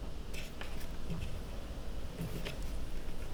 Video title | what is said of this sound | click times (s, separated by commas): Apple Imac G4 - 15 pouces à 700Mhz (2002). Le premier iMac G4 d'Apple. Upgrade Ram et système. | Ça ne se clipse plus. | none